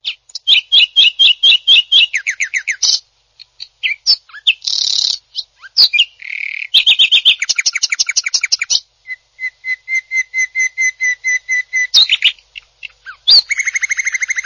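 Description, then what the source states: Greater green leafbird singing a long, lively medley of high trills, rapid chirp series, buzzy bursts and repeated whistled notes, with brief pauses between phrases. Champion-class songbird.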